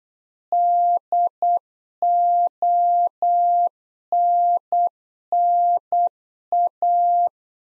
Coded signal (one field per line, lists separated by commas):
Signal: Morse code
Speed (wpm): 8 wpm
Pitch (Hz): 700 Hz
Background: none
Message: DONNA